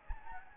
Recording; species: mosquito wingbeat signal from an infrared sensor; Anopheles gambiae